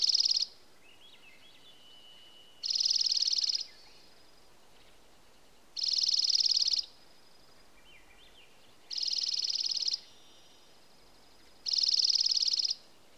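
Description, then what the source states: Dark-eyed junco song: five dry, rapid trills on one high pitch, the first cut off and the rest about a second long, spaced roughly every three seconds, with soft twittering notes in the gaps. Alaska, 24 May 2026, 03:24:35.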